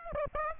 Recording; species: mosquito wingbeat signal from an infrared sensor; Aedes aegypti